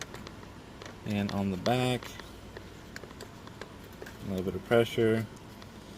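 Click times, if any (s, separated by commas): none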